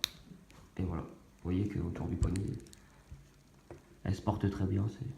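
The folding clasp cover on the metal bracelet of an Invicta Pro Diver watch is folded down and snaps shut with a loud, sharp click at 0.0 s, so the clasp is closed. Afterward someone talks.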